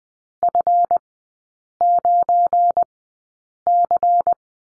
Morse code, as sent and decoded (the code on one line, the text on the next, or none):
..-. ----. -.-.
F9C